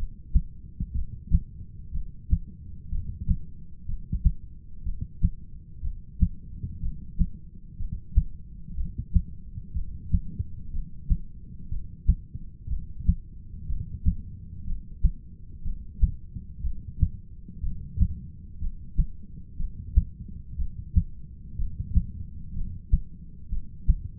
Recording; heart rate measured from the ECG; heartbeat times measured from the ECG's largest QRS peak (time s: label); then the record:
heart sounds by stethoscope; 61 bpm
0.93 s: heartbeat
1.92 s: heartbeat
2.90 s: heartbeat
3.86 s: heartbeat
4.84 s: heartbeat
5.82 s: heartbeat
6.80 s: heartbeat
7.77 s: heartbeat
8.75 s: heartbeat
9.73 s: heartbeat
10.71 s: heartbeat
11.69 s: heartbeat
12.68 s: heartbeat
13.67 s: heartbeat
14.65 s: heartbeat
15.63 s: heartbeat
16.62 s: heartbeat
17.61 s: heartbeat
18.59 s: heartbeat
19.57 s: heartbeat
20.56 s: heartbeat
21.56 s: heartbeat
22.54 s: heartbeat
23.49 s: heartbeat
From the record:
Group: heart failure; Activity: rest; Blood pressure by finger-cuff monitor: 121/84 mmHg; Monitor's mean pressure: 97 mmHg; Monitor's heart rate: 61 bpm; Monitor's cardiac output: 6.2 L/min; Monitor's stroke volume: 102 mL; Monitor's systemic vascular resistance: 1150 dyn s/cm5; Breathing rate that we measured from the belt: 15 breaths a minute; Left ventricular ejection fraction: 25%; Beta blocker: metoprolol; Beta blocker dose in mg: 62.5 twice daily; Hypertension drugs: ramipril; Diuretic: furosemide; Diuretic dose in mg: 40 twice daily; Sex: male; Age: 57 years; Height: 180 cm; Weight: 90.5 kg